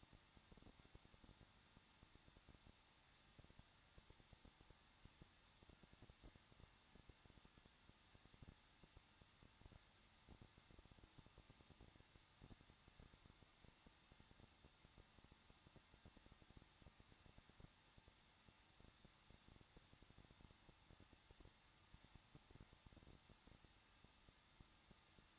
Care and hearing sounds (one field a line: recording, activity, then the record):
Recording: daily activity, microphone in the room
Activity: no activity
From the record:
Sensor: 3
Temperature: 21.2 degrees Celsius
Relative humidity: 36.3%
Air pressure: 1006.3 hPa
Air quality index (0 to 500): 222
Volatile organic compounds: 41 ppm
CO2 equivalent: 3171 ppm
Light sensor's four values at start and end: 2/3/2/2 and 2/3/2/2